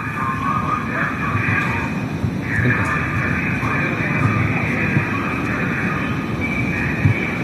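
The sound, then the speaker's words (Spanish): A local police car patrols the streets of Cullera, Spain, as a steady, loud engine and road rumble with a broad hiss on top, continuous for the whole stretch with no siren wail. “Vamos a ver el sonido de ese coche de policía.”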